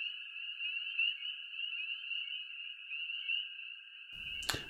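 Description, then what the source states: Spring peepers calling in a dense chorus of high peeps, ending with a sharp click. Tiny forest frogs of New England, in damp margins around lakes and ponds or out in the forest; heard any time of day, noticed most at dusk.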